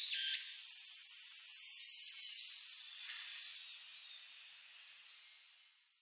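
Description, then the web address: Walker's cicada buzzing, a loud continuous high-pitched hiss holding steady for nearly four seconds, then dropping to a softer, thinner tone with a brief whine near the end. Recorded 18 August 2004. "2004 040818 tukutukuhousi"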